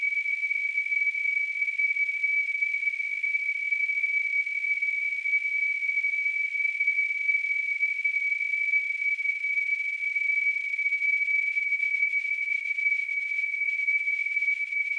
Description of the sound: Tinnitus.